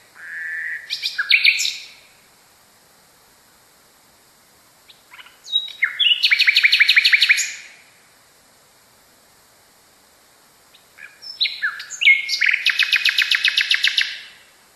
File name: kicauan nightingale. omkicau